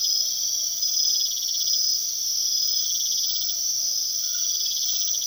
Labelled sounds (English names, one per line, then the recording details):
none
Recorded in secondary vegetation near Puerto Asís, Putumayo, Colombia, on 19 February 2024 at 02:00
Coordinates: 0.500, -76.326
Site G6428